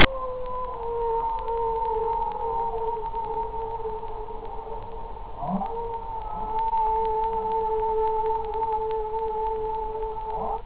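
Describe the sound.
Whale call: a long, steady tonal moan with a higher harmonic above.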